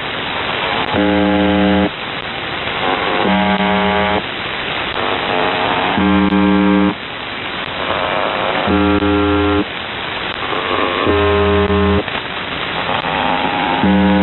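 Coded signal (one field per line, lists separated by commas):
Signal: channel marker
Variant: UVB-76 (The Buzzer)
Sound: harsh low buzzes about a second long, repeating roughly every 2.5 seconds, six heard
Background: radio static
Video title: UVB 76 4625 KHZ 265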